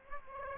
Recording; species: mosquito wingbeat signal from an infrared sensor; Aedes aegypti